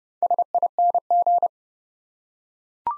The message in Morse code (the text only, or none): SING